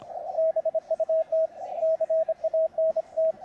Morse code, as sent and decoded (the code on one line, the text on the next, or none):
-... ..- - / -.-. .- -. -
BUT CANT